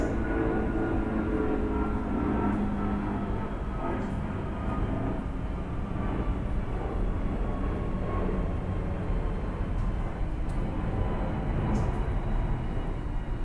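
A plane's steady, dense engine roar holds throughout, deep and rumbling with a faint whine on top and a few brief ticks.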